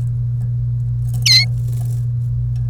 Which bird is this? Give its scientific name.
Serinus canaria